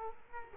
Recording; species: mosquito wingbeat signal from an infrared sensor; Culex quinquefasciatus